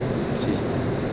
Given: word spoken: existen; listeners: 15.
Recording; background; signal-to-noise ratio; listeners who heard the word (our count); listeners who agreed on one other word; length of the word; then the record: one Spanish word in noise, from a listening test; speech-shaped noise; -6.9 dB; 0 of 15; 6 of 15; 0.73 s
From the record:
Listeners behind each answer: 6, 3, 3, 1, 1, 1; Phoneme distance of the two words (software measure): 7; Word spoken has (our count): 3 syllables, 8 phonemes, stress on syllable 2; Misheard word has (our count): 3 syllables, 7 phonemes, stress on syllable 2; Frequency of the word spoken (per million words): 128.69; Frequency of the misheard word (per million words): 182.08